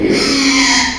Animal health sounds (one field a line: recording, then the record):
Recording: squeal of a Yucatan mini pig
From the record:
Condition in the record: after surgery on the right vocal fold (resection and tissue-engineered implant)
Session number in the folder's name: 2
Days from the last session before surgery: 13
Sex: male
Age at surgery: 12 weeks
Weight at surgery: 13 kg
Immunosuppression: cyclosporine, prednisolone